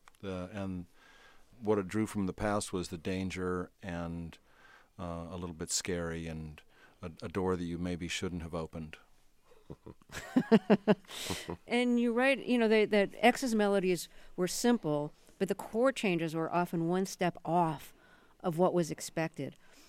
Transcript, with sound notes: And what it drew from the past was the danger and a little bit scary and a door that you maybe shouldn't have opened.
(LAUGHTER)
And you write, you know, that X's melodies were simple, but the chord changes were often one step off of what was expected.